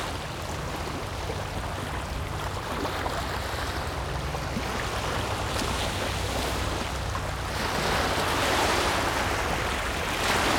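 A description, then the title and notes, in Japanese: Waves wash steadily onto a beach, a dense, rushing hiss that swells noticeably around the seven-to-eight second mark and stays louder to the end. Underneath runs a low, even engine-like drone, suggesting a boat idling somewhere offshore. 三戸浜 03:13pm（MSステレオ+ABステレオ）。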